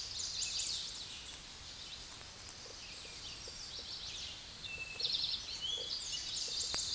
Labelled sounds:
Eastern Towhee (Pipilo erythrophthalmus) song
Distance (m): 35 m
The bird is about 25 m above the microphone
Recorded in a Pennsylvania forest on 16 May 2024 at 08:56
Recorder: AudioMoth, point MSD-2131
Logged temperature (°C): 14.8 °C
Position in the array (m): 60 m, 14 m

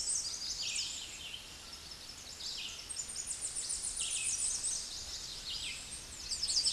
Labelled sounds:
Red-eyed Vireo (Vireo olivaceus) song
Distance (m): 25 m
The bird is about 5 m above the microphone
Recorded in a Pennsylvania forest on 16 May 2024 at 09:57
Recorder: AudioMoth, point MSD-2478
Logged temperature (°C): 15.6 °C
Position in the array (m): 48 m, 216 m

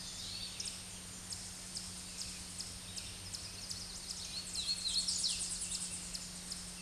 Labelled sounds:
Hooded Warbler (Setophaga citrina) song
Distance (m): 25 m
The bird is about 15 m above the microphone
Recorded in a Pennsylvania forest on 16 May 2024 at 07:57
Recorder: AudioMoth, point MSD-0398
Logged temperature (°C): 16.4 °C
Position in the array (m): 140 m, 103 m

